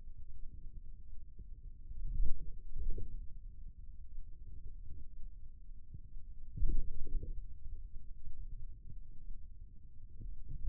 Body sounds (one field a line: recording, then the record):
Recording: forearm muscle sounds (acoustic myography)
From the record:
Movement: ulnar deviation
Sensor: system 2, bracelet of six BSWA MPA416 microphones around the upper forearm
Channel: 3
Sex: male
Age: 22 years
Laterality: right